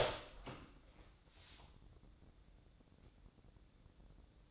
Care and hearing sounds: daily activity, microphone in the room; open door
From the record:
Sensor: 3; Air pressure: 1012.3 hPa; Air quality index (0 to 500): 175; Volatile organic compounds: 3 ppm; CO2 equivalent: 1338 ppm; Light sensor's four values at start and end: 597/1483/614/632 and 596/1481/613/631

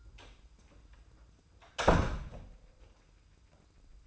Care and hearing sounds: daily activity, microphone in the room; close door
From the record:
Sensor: 2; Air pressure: 990.3 hPa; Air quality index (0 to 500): 184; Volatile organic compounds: 1000 ppm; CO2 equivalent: 5849 ppm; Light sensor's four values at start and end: 34/80/33/33 and 34/80/33/33

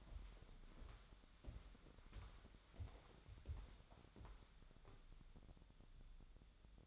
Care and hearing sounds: daily activity, microphone in the room; walk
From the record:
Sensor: 3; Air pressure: 1015.3 hPa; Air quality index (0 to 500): 124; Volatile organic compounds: 5 ppm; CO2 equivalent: 1742 ppm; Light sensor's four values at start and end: 10/26/10/10 and 13/34/13/14

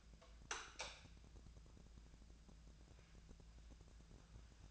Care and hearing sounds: daily activity, microphone in the room; light on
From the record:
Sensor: 2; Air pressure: 999.8 hPa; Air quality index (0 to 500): 116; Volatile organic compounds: 2 ppm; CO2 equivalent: 1003 ppm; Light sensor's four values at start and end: 27/70/29/33 and 32/86/35/39

